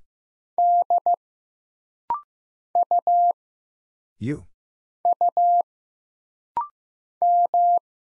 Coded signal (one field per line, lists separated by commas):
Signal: Morse code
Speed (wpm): 15 wpm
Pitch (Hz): 700 Hz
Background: none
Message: D U U M